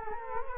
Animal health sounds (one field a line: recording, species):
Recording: mosquito wingbeat signal from an infrared sensor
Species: Culex quinquefasciatus